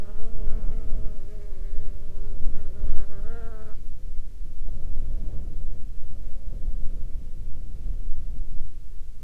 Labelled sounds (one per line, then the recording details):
wind
insects
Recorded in the Prudhoe Bay oil fields, Alaska, on 16 July 2021 at 19:50
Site 16